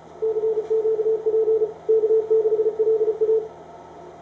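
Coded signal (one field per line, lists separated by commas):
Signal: Morse code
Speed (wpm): 34 wpm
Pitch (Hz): 440 Hz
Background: radio noise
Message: CQP K6LA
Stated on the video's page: Morse received on a Ten-Tec Paragon loaded with all optional filters.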